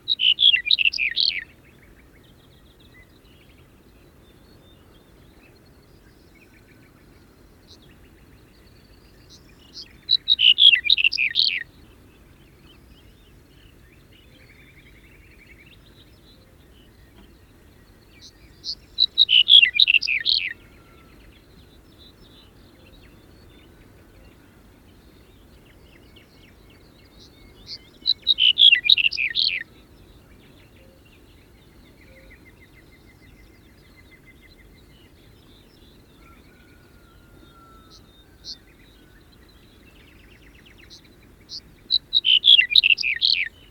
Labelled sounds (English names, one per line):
Black-headed Bunting song